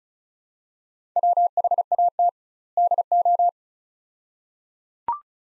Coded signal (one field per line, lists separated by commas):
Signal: Morse code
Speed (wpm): 36 wpm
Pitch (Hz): 700 Hz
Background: none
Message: WHAT DO